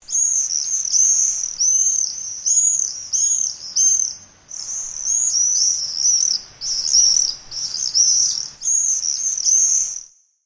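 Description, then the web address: Swifts giving shrill, buzzy screams in repeated bursts, with short gaps between bursts throughout. "Ian Hubball Swifts"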